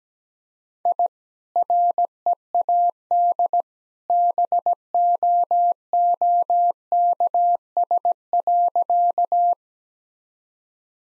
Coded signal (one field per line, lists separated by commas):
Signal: Morse code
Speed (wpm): 17 wpm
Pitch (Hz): 700 Hz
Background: none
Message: I READ BOOKS.